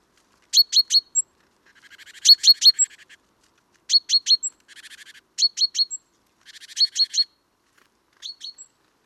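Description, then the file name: Great tit calls: quick bursts of three or four sharp, high notes alternate with softer buzzy churring rattles, repeating throughout. "Parus major"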